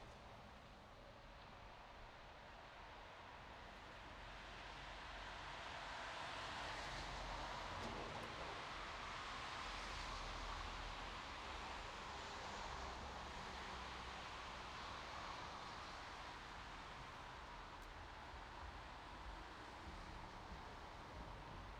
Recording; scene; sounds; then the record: everyday scene through a hearing-aid microphone; in traffic; traffic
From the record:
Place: bus stop on a city main road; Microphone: in the ear canal, right